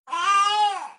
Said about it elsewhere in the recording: Ow is the word that means your baby's tired. The yawning reflex baby gets when they're tired opens the mouth wide, flattening the tongue and pushing it back. That ends up giving a more open, yawning sound to the cry. You should try and get that baby to have a nap.